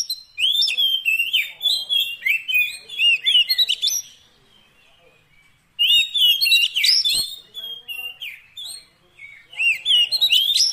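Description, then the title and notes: Oriental magpie-robin in full song with dense, varied whistles and rapid chatter, a pause midway, then more energetic phrases and a sharp click. Long-duration 'isian' fill-in song, meant to make the bird sing profusely day and night. "Kacer Jadi Gacor Siang Malam. Isian Kacer Durasi Panjang"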